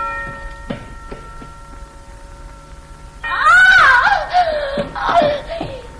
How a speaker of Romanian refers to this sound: a țipat așa de tare?